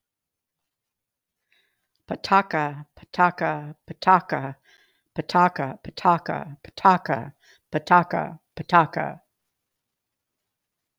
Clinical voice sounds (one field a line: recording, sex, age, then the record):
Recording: repeated syllables /pa ta ka/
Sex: female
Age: 70 to 79 years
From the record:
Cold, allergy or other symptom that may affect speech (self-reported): no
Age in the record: 77 years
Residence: South Carolina, United States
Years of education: 14